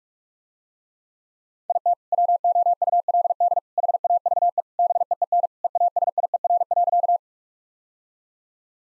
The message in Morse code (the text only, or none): IT WOULD HAVE BEEN EASIER.